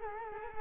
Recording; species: mosquito wingbeat signal from an infrared sensor; Culex quinquefasciatus